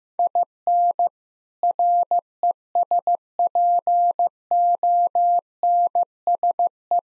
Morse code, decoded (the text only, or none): IN RESPONSE